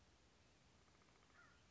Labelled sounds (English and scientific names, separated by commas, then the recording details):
American Crow (Corvus brachyrhynchos)
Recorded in Sonoma County, California